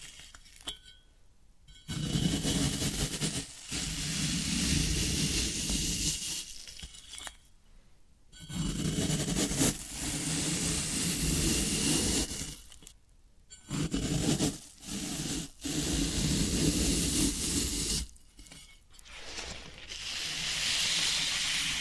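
Floral foam being worked, with bursts of dense crackling and crunching that last a few seconds each, separated by short near-silent gaps. The scraping and crumbling sit mostly low and middle, with brittle snapping on top, and the final stretch turns brighter and hissier.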